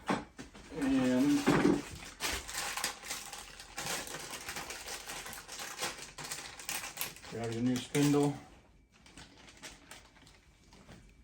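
A new spindle is handled while being fitted into the bonnet of a Symmons Temptrol shower valve during a rebuild, with someone talking over music and a few sharp taps and clatters of the parts. Nothing has seated or clicked into place yet.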